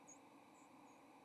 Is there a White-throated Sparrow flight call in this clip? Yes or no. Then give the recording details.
no. Another species' flight call is heard. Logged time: 07:01 on 30 October 2014